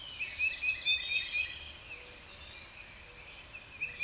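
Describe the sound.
Bird twitters and whistles in a short burst, fading to quieter chirps before a last high whistle, with background hiss.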